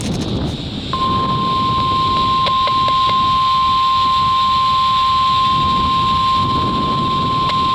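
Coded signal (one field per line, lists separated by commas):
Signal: Emergency Alert System (SAME) tones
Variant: 1050 Hz attention tone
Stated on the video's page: Required weekly tests recorded outdoors in freezing weather.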